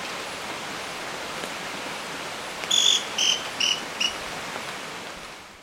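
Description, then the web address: Scale-crested pygmy-tyrant song: four short, sharp, high notes in quick succession against a constant background hiss. Recorded in Ecuador. "Birds of Ecuador. Scale-crested Pygmy-Tyrant"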